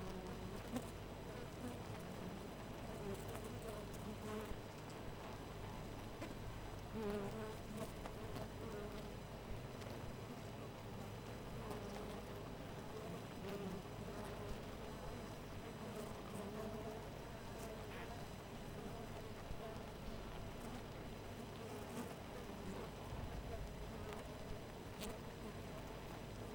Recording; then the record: honeybee colony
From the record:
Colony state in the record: missing queen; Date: 14 July 2017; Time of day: 4:43